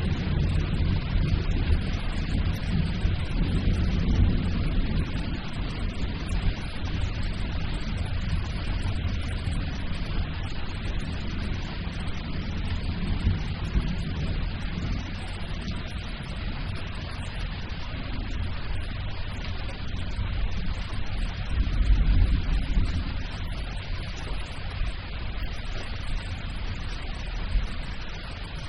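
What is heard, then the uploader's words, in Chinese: A thunderstorm's steady roar of hissing rain over deep rumbling that swells louder around four, fifteen and twenty-two seconds, never fully stopping. 自然·白噪音 - 雷之暴。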